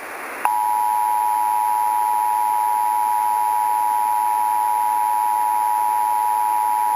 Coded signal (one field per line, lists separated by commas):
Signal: Emergency Alert System (SAME) tones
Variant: 853 and 960 Hz attention tone